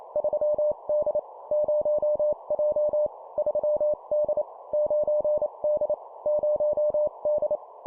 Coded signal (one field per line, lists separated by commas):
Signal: Morse code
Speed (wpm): 28 wpm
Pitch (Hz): 600 Hz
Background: none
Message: 3D 0J 3D 9D 0D